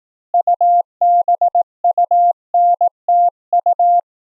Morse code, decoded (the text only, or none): UBUNTU